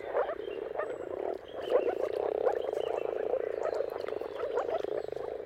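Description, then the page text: Moor frogs giving soft, hollow bubbling calls in a thick overlapping chorus; a brief dip in the sound early on before it builds again. Moor frogs giving mating calls in a dawn chorus at sunrise, around the turn of March and April depending on weather. "Jakub-Orzecki moor frogs. Dawn’s Chorus: Mating Calls of Marsh Frogs at Sunrise. Depending on the weather at the turn of March and April, you can witness an amazing spectacle of moor frogs"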